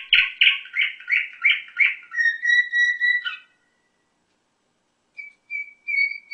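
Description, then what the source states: Canary song: a fast rolling trill, then long pure whistled tones, silence, and a few more steady whistles. Orpheus canary.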